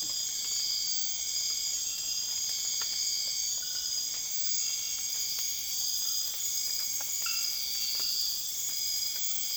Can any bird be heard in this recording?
no